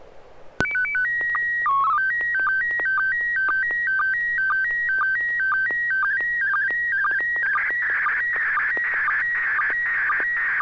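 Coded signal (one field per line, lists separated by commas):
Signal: SSTV (slow-scan television)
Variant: PD 120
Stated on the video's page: Weekly amateur SSTV net on a 441.300 MHz FM repeater, images exchanged using MMSSTV software.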